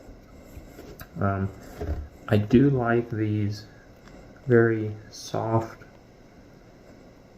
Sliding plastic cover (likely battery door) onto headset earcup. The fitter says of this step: down you'll have a very audible click